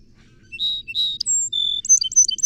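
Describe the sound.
Song sparrow song: two buzzy opening notes, a high thin whistle, a lower steady tone, then a quick run of bright alternating high and low notes.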